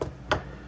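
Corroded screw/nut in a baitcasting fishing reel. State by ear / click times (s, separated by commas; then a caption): stripped / 0.3 s. A corroded screw on a saltwater-damaged Shimano SLX baitcasting reel is turned during disassembly to loosen it after months on the bottom of Galveston Bay. A faint tick at the start is followed by a sharp metallic snap at 0.3 s. The fastener strips completely while loosening.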